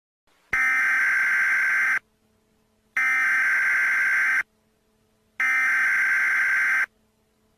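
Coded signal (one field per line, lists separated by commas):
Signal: Emergency Alert System (SAME) tones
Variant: header bursts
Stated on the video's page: Simulated EAS scenario.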